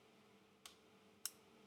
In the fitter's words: that's a click